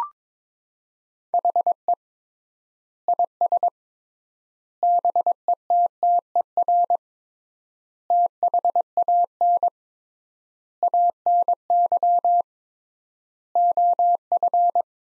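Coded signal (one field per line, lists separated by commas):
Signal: Morse code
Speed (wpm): 22 wpm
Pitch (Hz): 700 Hz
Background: none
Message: HE IS BETTER THAN ANY OF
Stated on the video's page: Morse sentence practice from the top 400 words at 22 wpm with 3x standard word spacing, a word-level analogue of Farnsworth spacing.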